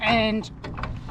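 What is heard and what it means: Someone talks while a tall handle is used to push a trailer's jockey wheel on the hitch up toward its raised, stowed position. Light handling knocks follow around 0.8 s. The jockey wheel has not locked in or clicked yet.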